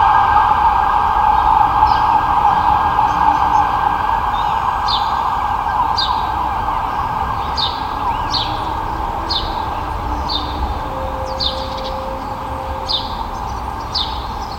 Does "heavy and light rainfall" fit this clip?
no